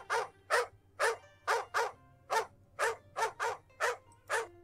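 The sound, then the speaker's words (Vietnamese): A dog barks loudly and insistently in a garden, a rapid string of about a dozen sharp, harsh barks in a steady rhythm, with a low hum underneath and no one talking. “Đột nhiên cũng không biết là trong vườn nhà ai truyền đến tiếng chó sủa đinh tai.”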